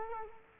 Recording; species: mosquito wingbeat signal from an infrared sensor; Culex quinquefasciatus